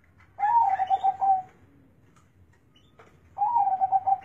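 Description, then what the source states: Zebra dove song: two rolling, stuttered coo phrases of about a second each, separated by a short gap with a low background hum. Local Indonesian zebra dove (perkutut lokal) kept for bird-song contests, where its voice is the main judging criterion; used as training material (masteran) for contest birds.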